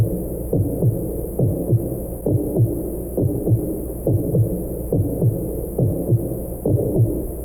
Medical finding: Heartbeat.